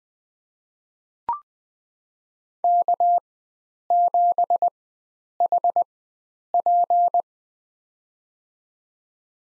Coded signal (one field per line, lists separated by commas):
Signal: Morse code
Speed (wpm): 20 wpm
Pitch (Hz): 700 Hz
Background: none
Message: K7HP